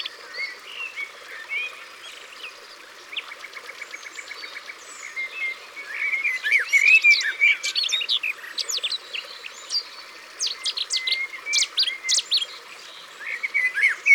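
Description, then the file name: Garden warbler singing a soft, hurried warble that builds in strength, with a short buzzy repeated trill early on. Sung by the water's edge. "Fauvette des jardins Au bord de leau"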